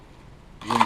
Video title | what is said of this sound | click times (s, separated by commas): Glock 19 Gen 5 with Glock Night Sights | for fits in and I can hear that click but it does fit so | 0.8 s